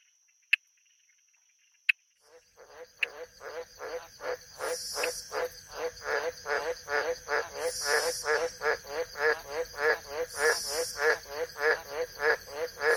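Frog croaking in a fast, steady series of harsh pulsed notes, about two each second, growing louder, with a few sharp clicks before it begins.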